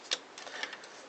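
After several failed tries, a small plastic locating part is pushed into its slot in the paper-path assembly of an HP 110we printer and snaps home with a sharp tick at 0.1 s. Quieter plastic ticks follow at about 0.4 s and 0.6 s, and the part is seated.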